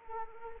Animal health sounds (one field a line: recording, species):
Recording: mosquito wingbeat signal from an infrared sensor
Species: Anopheles arabiensis